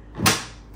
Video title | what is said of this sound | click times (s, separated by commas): Unboxing the Dell UltraSharp 34" Curved USB C Hub Monitor (U3423WE) | hear that click you know you're locked in | 0.3 s